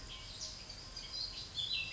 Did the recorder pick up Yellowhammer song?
no